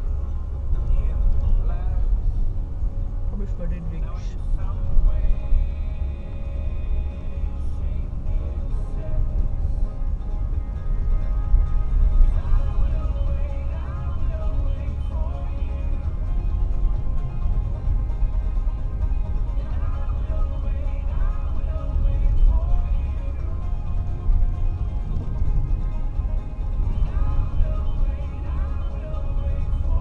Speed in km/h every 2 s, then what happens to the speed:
20, 25, 21, 21, 25, 29, 28, 30, 28, 27, 27, 28, 30, 31, 28.
0-5 steady at about 21. 5-14 speeds up to 30. 14-30 steady at about 28.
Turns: none.